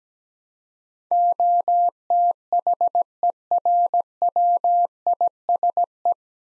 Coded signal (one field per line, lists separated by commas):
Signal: Morse code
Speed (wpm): 17 wpm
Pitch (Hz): 700 Hz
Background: none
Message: OTHERWISE